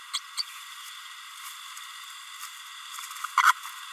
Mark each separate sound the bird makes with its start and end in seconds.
0.13-0.20, 0.37-0.42, 3.42-3.53